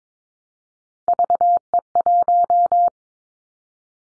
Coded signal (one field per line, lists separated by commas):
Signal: Morse code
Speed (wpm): 22 wpm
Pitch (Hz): 700 Hz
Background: none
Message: VE1